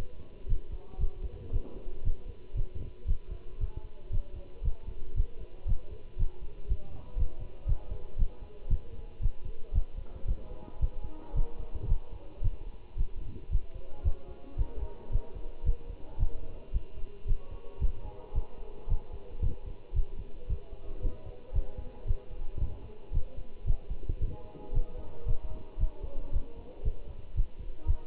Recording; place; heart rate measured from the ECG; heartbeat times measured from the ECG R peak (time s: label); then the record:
heart sounds by stethoscope; between the tricuspid and mitral areas; 114 bpm
0.49 s: heartbeat
1.00 s: heartbeat
1.53 s: heartbeat
2.05 s: heartbeat
2.56 s: heartbeat
3.08 s: heartbeat
3.61 s: heartbeat
4.13 s: heartbeat
4.64 s: heartbeat
5.17 s: heartbeat
5.68 s: heartbeat
6.19 s: heartbeat
6.70 s: heartbeat
7.19 s: heartbeat
7.68 s: heartbeat
8.19 s: heartbeat
8.70 s: heartbeat
9.22 s: heartbeat
9.75 s: heartbeat
10.28 s: heartbeat
10.81 s: heartbeat
11.36 s: heartbeat
11.89 s: heartbeat
12.44 s: heartbeat
12.98 s: heartbeat
13.52 s: heartbeat
14.05 s: heartbeat
14.58 s: heartbeat
15.12 s: heartbeat
15.66 s: heartbeat
16.20 s: heartbeat
16.74 s: heartbeat
17.28 s: heartbeat
17.81 s: heartbeat
18.35 s: heartbeat
18.90 s: heartbeat
19.43 s: heartbeat
19.95 s: heartbeat
20.49 s: heartbeat
21.03 s: heartbeat
21.55 s: heartbeat
22.08 s: heartbeat
22.61 s: heartbeat
23.14 s: heartbeat
23.67 s: heartbeat
24.21 s: heartbeat
24.75 s: heartbeat
25.27 s: heartbeat
25.80 s: heartbeat
26.33 s: heartbeat
26.85 s: heartbeat
27.37 s: heartbeat
27.87 s: heartbeat
From the record:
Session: Bruce protocol treadmill stress test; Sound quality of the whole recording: good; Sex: male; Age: 25 years